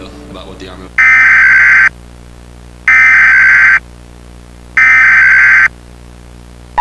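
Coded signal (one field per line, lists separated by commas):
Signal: Emergency Alert System (SAME) tones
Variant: header bursts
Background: speech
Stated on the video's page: Fictional tornado EAS scenario using valid EAS tones.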